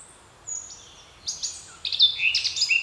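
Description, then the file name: Eurasian blackcap giving thin high notes, then breaking into a brief bright, fluty warble at the end. "Sylvia atricapilla"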